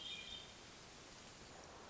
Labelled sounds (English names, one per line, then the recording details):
Hermit Thrush
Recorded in Sonoma County, California